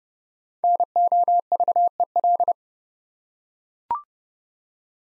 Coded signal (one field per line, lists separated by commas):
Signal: Morse code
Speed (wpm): 30 wpm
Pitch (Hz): 700 Hz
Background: none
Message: NOVEL